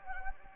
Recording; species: mosquito wingbeat signal from an infrared sensor; Anopheles gambiae